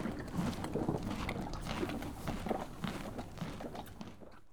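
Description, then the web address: Horse crunching food in rapid, dense bites, with some rustling. One horse eating a carrot and moving about. "BBC Sound Effects Library. One horse eating carrot"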